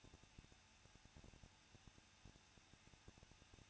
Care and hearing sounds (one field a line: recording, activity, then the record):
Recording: daily activity, microphone in the room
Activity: no activity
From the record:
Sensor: 2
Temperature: 21.0 degrees Celsius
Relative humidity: 37.6%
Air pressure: 1006.3 hPa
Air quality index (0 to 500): 224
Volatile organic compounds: 25 ppm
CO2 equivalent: 2848 ppm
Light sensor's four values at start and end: 2/3/2/2 and 2/3/2/2